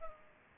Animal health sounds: mosquito wingbeat signal from an infrared sensor; Culex pipiens

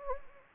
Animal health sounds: mosquito wingbeat signal from an infrared sensor; Anopheles gambiae

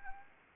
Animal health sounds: mosquito wingbeat signal from an infrared sensor; Anopheles arabiensis

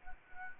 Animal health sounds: mosquito wingbeat signal from an infrared sensor; Anopheles arabiensis

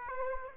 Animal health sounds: mosquito wingbeat signal from an infrared sensor; Aedes aegypti

